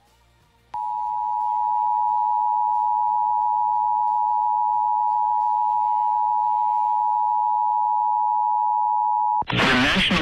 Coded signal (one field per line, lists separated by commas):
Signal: Emergency Alert System (SAME) tones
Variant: 853 and 960 Hz attention tone